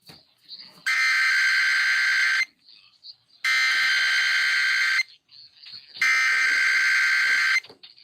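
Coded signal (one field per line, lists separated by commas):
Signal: Emergency Alert System (SAME) tones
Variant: header bursts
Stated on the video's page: Required weekly test and relay on KDKA.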